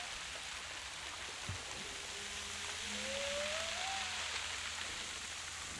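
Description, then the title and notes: Humpback whale call: a slow rising moan that swells then fades, with lower hums beneath and a steady hiss of sea noise. Several humpback whales recorded off Saint Paul in heavy swell. "baleines à bosse au large de saint paul forte houle"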